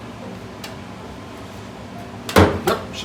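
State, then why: Seated. A trim or fitting part on a 1926 Oakland antique car under restoration is pushed into its mounting. A faint click sounds at 0.6 s, then a sharp, louder snap at 2.3 s, followed by a brief rattle. The part snaps home and is seated right in place.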